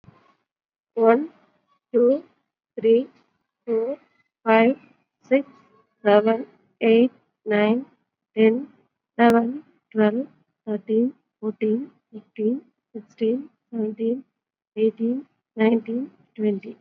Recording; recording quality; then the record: counting at a normal pace; excellent, no background noise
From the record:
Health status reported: COVID-19 positive, moderate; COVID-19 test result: positive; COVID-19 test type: RT-PCR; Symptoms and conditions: cough, fever, fatigue, muscle pain, another condition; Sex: female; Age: 35 years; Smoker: no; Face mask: worn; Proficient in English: yes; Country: India